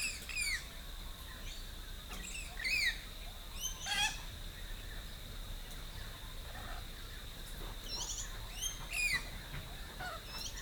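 A dawn chorus in rural Rathdowney, Queensland: many birds chirp and squawk over a steady high insect-like whine, with louder calls near three, four and nine seconds.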